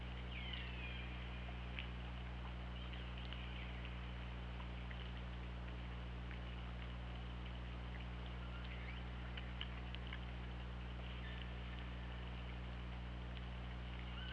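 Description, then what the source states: Orca calls: two short sweeping harmonic calls in the first few seconds, then scattered clicks, over a steady low-pitched underwater hum. Underwater hydrophone recording from OrcaLab, 24 August 2017, around 20:54.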